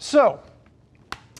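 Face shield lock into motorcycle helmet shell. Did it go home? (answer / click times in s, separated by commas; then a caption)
yes / 1.1 s. A plastic face shield on an HJC CS-R3 motorcycle helmet is seated against its gasket and locked shut with a small button on the left side of the helmet shell. Someone talks briefly at the start, then one sharp click sounds at 1.1 seconds, followed by a fainter tick. The shield is locked in place.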